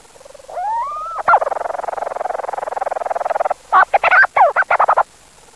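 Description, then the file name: Leach's storm petrel call: a rising whistled note, then a rapid, even purring churr lasting about two seconds, ending in a burst of loud, broken chattering notes. "oceanodroma leucorhoa"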